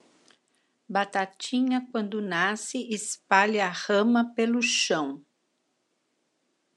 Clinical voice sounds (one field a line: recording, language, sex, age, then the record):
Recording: short text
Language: Brazilian Portuguese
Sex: female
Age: 70 to 79 years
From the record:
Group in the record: control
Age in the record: 70 years